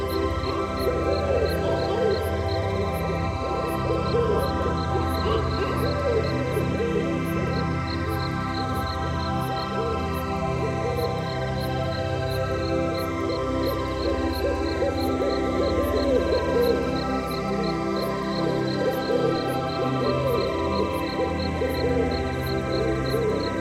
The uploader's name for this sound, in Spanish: Animales Nocturnos